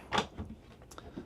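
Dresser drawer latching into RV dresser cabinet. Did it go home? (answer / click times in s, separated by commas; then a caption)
no / none. A drawer is closed into an RV dresser cabinet without first being pulled fully forward to catch, shutting with a few small knocks, including quick ones near 0.8, 0.9 and 1.0 s. The drawer latch fails to lock, and the drawer is not locked in place; nothing has seated or clicked yet.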